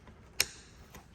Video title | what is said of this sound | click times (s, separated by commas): EcoWater Softener From Abandoned House Revived And Installed In My Shop | Push it over. Just like that. Hear it snap. | 0.4 s